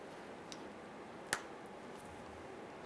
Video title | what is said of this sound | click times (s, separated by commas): How to Replace Fuel Pump 1995-2001 Ford Explorer | Press it in, you'll be able to hear it and feel it snap into place. | 1.3 s